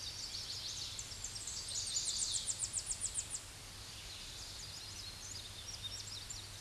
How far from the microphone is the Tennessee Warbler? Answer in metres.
about 50 m